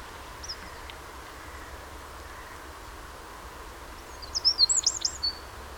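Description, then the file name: Eurasian wren giving a short burst of high, sharp twittering notes near the end, over constant low rumbling background noise. "Troglodytes troglodytes"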